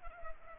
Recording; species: mosquito wingbeat signal from an infrared sensor; Culex pipiens